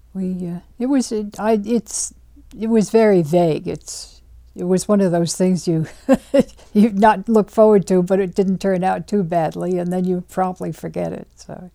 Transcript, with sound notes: we, it wasn't, I did. It was very vague. It's, it was one of those things you ( she laughs ) you not look forward to, but it didn't turn out too badly, and then you promptly forget it, so.